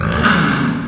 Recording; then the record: squeal of a Yucatan mini pig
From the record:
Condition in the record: after surgery on the right vocal fold (resection and tissue-engineered implant); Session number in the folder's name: 15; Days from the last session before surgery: 175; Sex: female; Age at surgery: 19 weeks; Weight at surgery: 25 kg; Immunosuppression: prednisolone